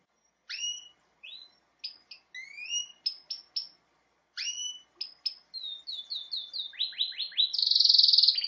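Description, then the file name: Canary song: spaced two-part chirps repeated in small bursts, then accelerating slurred notes ending in a loud, rich rolling trill. "Canary Voice"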